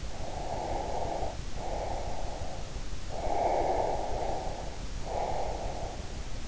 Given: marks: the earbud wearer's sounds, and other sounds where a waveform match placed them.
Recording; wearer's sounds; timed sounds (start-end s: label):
sounds in sleep by an in-ear microphone; breath
0.12-2.71 s: breath
3.44-6.47 s: breath